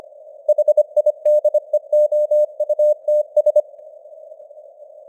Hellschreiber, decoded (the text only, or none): none